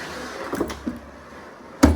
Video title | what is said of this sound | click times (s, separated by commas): Beechy Walkaround | And then just locks in place like that. | 1.8 s